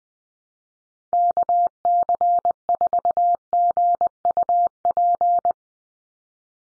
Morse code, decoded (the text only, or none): KC4GUP